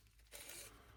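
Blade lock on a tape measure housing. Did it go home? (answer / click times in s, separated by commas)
no / none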